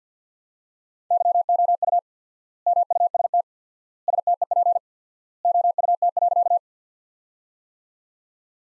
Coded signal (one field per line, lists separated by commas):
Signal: Morse code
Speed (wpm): 50 wpm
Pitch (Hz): 700 Hz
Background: none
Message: YOU MUST STEP OUT.